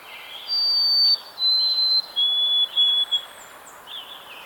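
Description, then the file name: White-throated sparrow song: a long pure whistle followed by several slightly lower whistles, stepping down in pitch. "Zonotrichia albicollis - White-throated Sparrow"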